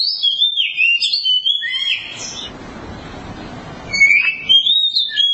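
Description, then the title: Oriental magpie-robin song: varied whistled and scratchy phrases, a pause filled with low rumbling noise, then more sliding whistles. Long-duration song. "Kacer Durasi Panjang"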